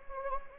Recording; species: mosquito wingbeat signal from an infrared sensor; Anopheles gambiae